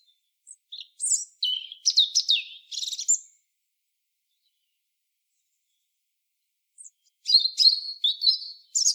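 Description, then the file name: European robin song: scratchy, high-pitched warbled notes in a lively phrase, then several seconds of silence, then a second phrase of rapid whistles and trills. "Erithacus rubecula"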